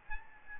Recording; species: mosquito wingbeat signal from an infrared sensor; Aedes albopictus